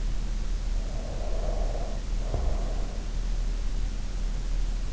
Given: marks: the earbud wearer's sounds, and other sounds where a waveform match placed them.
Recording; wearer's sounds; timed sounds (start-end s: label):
sounds in sleep by an in-ear microphone; breath
0.73-3.15 s: breath